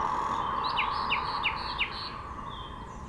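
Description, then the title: Nightingale song phrase of four quick, evenly spaced down-slurred notes over a steady mechanical hum. Singing in a bush between a railway line and the shore of Lac du Bourget, Entrelacs, France, unafraid of passing trains, with road traffic audible. "2 D991, Entrelacs, France - Rossignol ferroviaire"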